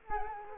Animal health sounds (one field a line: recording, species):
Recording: mosquito wingbeat signal from an infrared sensor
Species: Culex quinquefasciatus